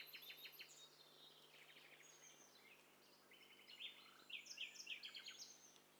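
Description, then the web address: Birds of several kinds calling at once: rapid high chirps, buzzy trills and repeated short notes overlapping, growing louder near the end, over a steady low hum. Several different birds calling together, with overlapping voices. "Hi Fi STEREO BIRD COCKTAIL PARTY Challenge"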